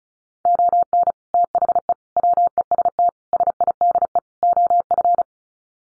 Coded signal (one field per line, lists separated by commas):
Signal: Morse code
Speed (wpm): 34 wpm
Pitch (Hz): 700 Hz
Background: none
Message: ON THE WEST SIDE OF